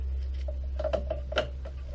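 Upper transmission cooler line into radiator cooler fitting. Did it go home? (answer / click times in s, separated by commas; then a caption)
yes / 1.4 s. On a Saturn Vue, the upper transmission cooler line, a metal line with a quick-connect fitting, is pressed into the new radiator's cooler port over a steady low hum. A few light ticks and taps come first, then a sharp, louder click at 1.4 s. The fitting is confirmed seated and the upper line is good.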